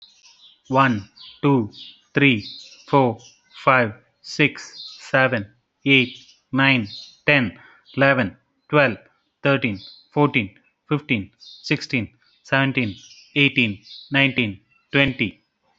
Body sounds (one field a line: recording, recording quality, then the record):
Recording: counting at a normal pace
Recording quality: excellent, no background noise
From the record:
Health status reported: healthy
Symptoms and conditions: diabetes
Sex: male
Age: 40 years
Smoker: not ticked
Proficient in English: yes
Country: India